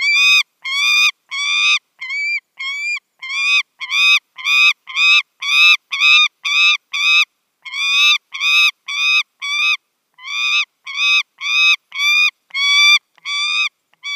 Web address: Schulze Peter Saker Falcon